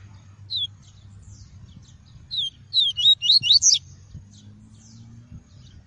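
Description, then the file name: Double-collared seedeater singing a short phrase of high, twisting whistles, a few lead-in notes then a fast burst of five slurred notes; low background hum throughout. "Tui-tui" song variety. "canto do papa capim tui tui"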